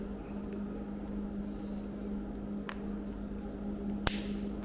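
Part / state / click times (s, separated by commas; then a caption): locking tab of a winch wiring harness connector / seated / 4.1 s. Working on a Can-Am 4500 lb winch wiring harness for a 2021 Maverick Trail, Sport and Sport Max, the red, green and black wires are pinned into positions a, b and c of the harness plug, and the plastic locking tab is flipped up. Over a steady low hum and a faint tick at 2.7 s, the tab closes with a sharp, loud snap at 4.1 s. The connector lock is seated.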